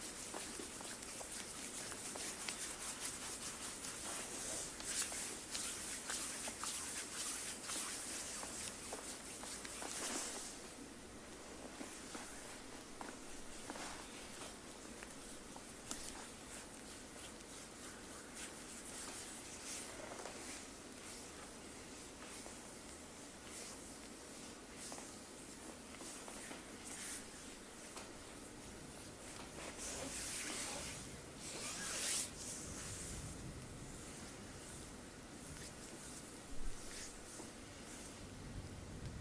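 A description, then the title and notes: Hands work over skin during a full body sport massage, a continuous rubbing and swishing with bright, crisp edges. Firmer strokes and slaps stand out near the start, around ten seconds, and again near thirty to thirty-seven seconds. ASMR Full Body Sport Massage by Olga.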